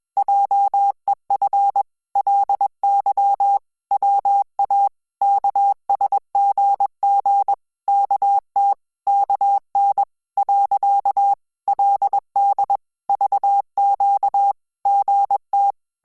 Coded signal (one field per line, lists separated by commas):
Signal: Morse code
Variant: Korean alphabet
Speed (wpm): 21 wpm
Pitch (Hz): 800 Hz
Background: none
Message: 한 게 보 였 어 요 . 그 래 서